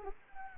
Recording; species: mosquito wingbeat signal from an infrared sensor; Anopheles arabiensis